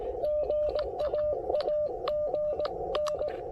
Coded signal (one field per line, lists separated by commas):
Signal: Morse code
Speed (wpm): 18 wpm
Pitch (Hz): 600 Hz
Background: none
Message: GA AGN